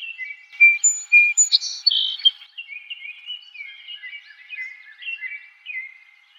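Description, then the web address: Song Sparrow singing a bright phrase of quick repeated notes and a buzzy trill, then trailing into softer, lower twittering notes. Recorded 4 January 2007. "Song Sparrow 2007 01 04"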